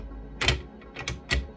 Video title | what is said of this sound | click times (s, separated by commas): Building this diecast Robotic Manta Ray kit (by Moyustore) is actually really EASY! | Oh, it does snap in. | 0.4 s